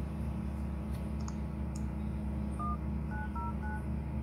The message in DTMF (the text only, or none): 1909